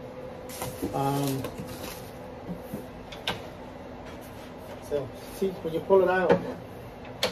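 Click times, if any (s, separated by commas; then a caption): 7.2 s. Someone talks while pulling out the folding leaf support of a collapsible dining table. The support snaps into its locked position with a short, sharp click at 7.2 seconds, seated in place.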